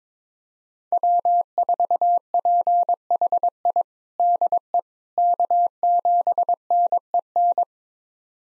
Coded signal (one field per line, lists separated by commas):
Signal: Morse code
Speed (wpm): 22 wpm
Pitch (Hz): 700 Hz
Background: none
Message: W4PHI DE K7NEN